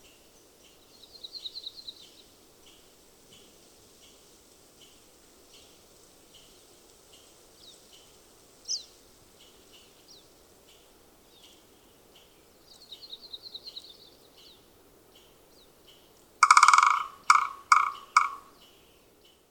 Williamson's Sapsucker drum recorded at Hollowell Park in Rocky Mountain National Park.